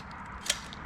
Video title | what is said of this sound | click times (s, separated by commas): Sachs 48mm Open Cartridge Fork Disassembly & Seal Replacement - Beta Motorcycle | and the the smaller one is just going to click right into its groove so we'll just slide it right in here | 0.5 s